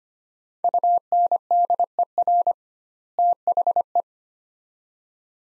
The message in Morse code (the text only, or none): UNDER THE